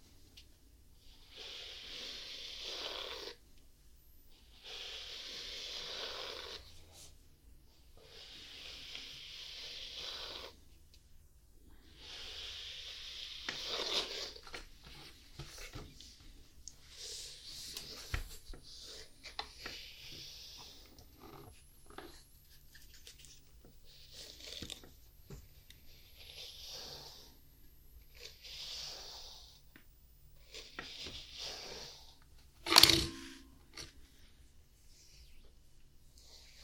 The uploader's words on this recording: Nothing fancy, just a relaxing night spent brushing my cat, Lenny.